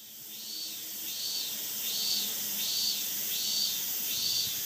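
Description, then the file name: Minmin cicada song: evenly spaced tonal pulses riding on a constant high buzzing hiss, about one pulse every three-quarters of a second. "Hyalessa maculaticollis"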